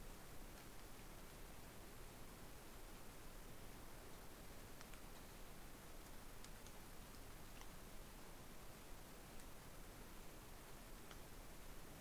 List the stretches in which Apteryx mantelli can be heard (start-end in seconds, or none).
none